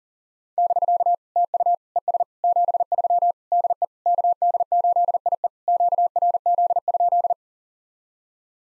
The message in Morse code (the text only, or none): <BK> TU ES 73 DE KD8IE QRZ?